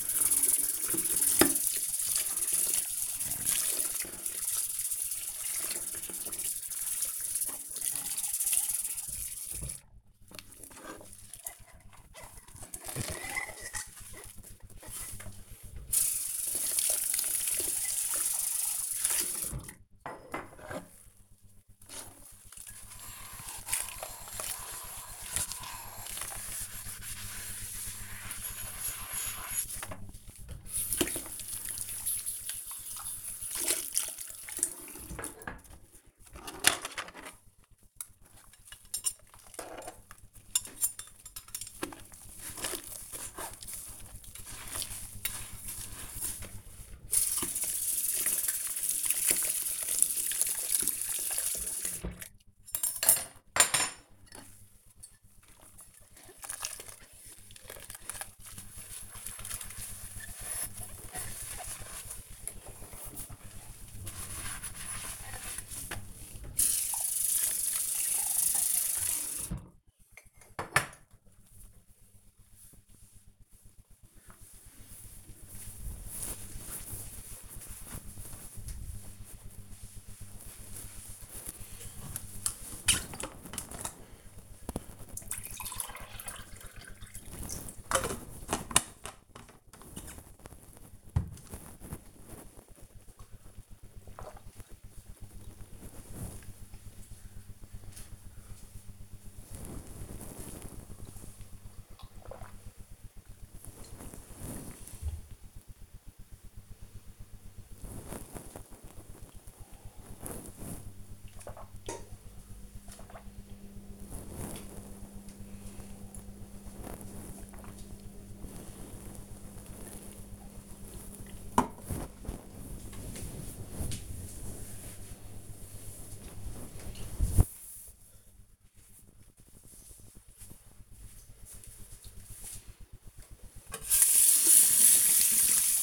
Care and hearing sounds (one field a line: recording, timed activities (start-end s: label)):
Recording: household activities, microphone on the right wrist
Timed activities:
0.00-70.83 s: washing dishes
80.91-121.24 s: drinking
132.34-135.83 s: washing hands